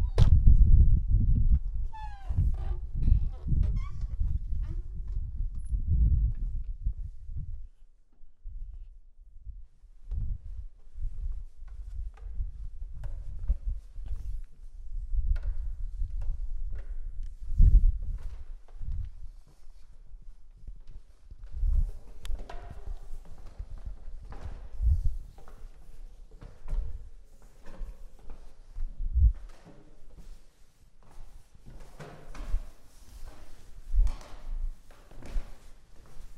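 A walk through Prague, with steady low footfalls thudding at a regular pace throughout. A few short chirping sounds come in the first seconds, and from about twenty seconds on, brighter clicking taps and a faint murmur of voices join the steps.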